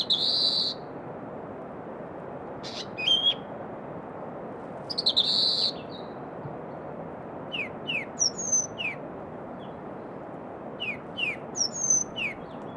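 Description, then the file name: Firethroat song in short separated phrases of very high, sharp notes and quick downslurred whistles, coming every few seconds over constant low rushing noise. "firethroat -Calliope-pectardens"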